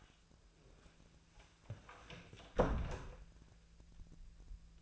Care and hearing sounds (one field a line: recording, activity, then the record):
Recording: daily activity, microphone in the room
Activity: close door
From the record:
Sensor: 2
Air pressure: 1000.4 hPa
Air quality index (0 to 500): 174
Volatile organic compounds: 3 ppm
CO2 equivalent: 1444 ppm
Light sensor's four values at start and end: 10/23/10/10 and 9/23/9/10